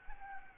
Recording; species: mosquito wingbeat signal from an infrared sensor; Aedes albopictus